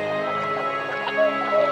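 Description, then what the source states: Tundra swans calling together, a dense overlapping chorus of soft honking, bugling notes that swell slightly near the end. Recorded at Sugao marsh, Ibaraki Prefecture, Japan.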